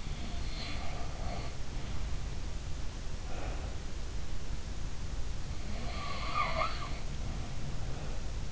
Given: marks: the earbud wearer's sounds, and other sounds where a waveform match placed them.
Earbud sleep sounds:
sounds in sleep by an in-ear microphone; breath
0.46-2.26 s: sound from someone else or the room
3.26-4.03 s: breath
5.47-6.90 s: sound from someone else or the room

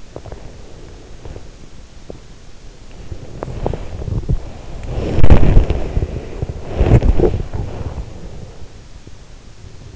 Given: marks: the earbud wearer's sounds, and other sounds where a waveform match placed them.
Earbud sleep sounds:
sounds in sleep by an in-ear microphone; body movement
0.00-2.46 s: body movement
2.90-9.13 s: body movement

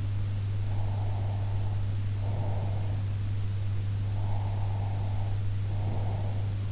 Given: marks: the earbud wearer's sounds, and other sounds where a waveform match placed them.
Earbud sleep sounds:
sounds in sleep by an in-ear microphone; breath
0.64-3.07 s: breath
4.00-6.60 s: breath

